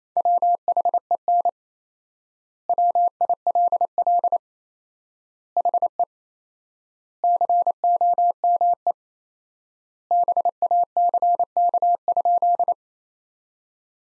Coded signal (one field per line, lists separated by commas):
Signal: Morse code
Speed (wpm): 28 wpm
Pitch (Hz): 700 Hz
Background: none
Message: WHEN WILL HE COME BACK?